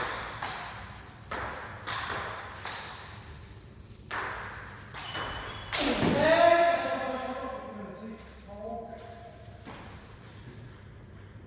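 A friendly table tennis match in a hall, with sharp ball clicks arriving every second or so in an uneven rally rhythm. Around the middle, voices rise in a short burst of talk and calls, then the bouncing and paddle taps carry on more sparsely.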